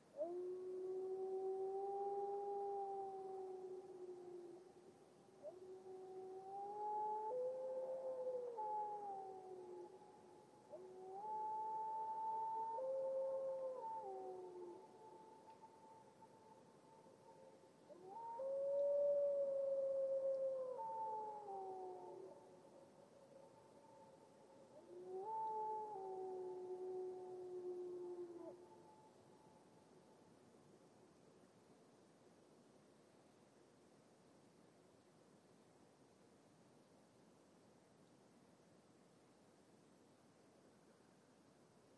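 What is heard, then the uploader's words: A lone grey wolf howls in a glacial valley, sending out five long, wavering calls about every five to six seconds, each rising and sliding in pitch with a lingering echo. After about twenty-nine seconds the howling stops, leaving a low, quiet hush. A lone Grey Wolf howls in the late morning, losing itself to the natural reverb of a glacial valley.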